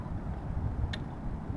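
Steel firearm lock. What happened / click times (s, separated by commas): The hammer latched into its half-cock notch / 0.9 s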